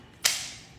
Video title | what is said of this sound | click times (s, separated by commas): Nama Juicer Tutorial | Snaps in place. | 0.3 s